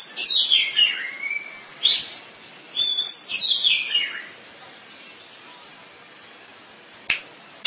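Bird song of a few sweet, descending whistled phrases separated by pauses, then two sharp clicks at the end.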